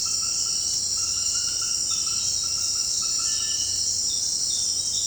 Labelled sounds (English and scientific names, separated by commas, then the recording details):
none
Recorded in secondary vegetation near Puerto Asís, Putumayo, Colombia, on 21 March 2025 at 18:00
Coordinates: 0.502, -76.326
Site G100